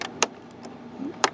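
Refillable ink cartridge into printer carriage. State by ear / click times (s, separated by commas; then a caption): seated / 0.2 s, 1.2 s. A refillable ink cartridge, lifted slightly for a chip reset, is put back down into the carriage of an Epson XP420/XP320/XP424 printer with a continuous ink supply system and pressed in until it locks. Two sharp clicks are heard at 0.2 s and 1.2 s over a faint hum, with softer handling taps in between. The cartridge seats, and hearing the click matters because it has to lock in.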